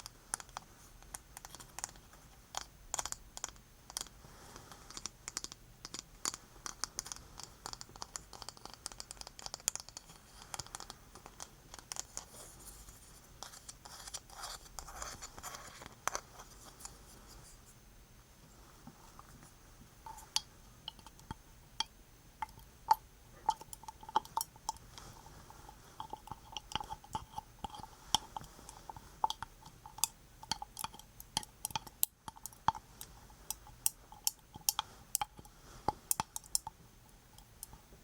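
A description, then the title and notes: Sticky honey ear massage sounds: dense, irregular clicks and smacking pops layered with soft squishing, continuing without pause. After about eighteen seconds the texture shifts, with a steadier mid-pitched rubbing underneath sharper, brighter clicks. A faint low hum runs throughout. ASMR Sticky Honey Ear Massage (No Talking).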